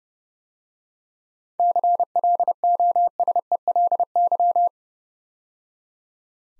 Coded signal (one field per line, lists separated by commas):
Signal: Morse code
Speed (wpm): 30 wpm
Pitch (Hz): 700 Hz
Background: none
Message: CLOSELY